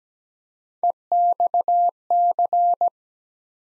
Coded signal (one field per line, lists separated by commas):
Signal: Morse code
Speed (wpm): 17 wpm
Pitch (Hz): 700 Hz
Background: none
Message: EXC